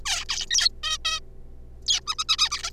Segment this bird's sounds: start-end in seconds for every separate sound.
0.05-0.24, 0.29-0.46, 0.51-0.69, 0.83-0.98, 1.05-1.20, 1.86-2.00, 2.07-2.15, 2.19-2.24, 2.29-2.36, 2.38-2.49, 2.51-2.62, 2.63-2.70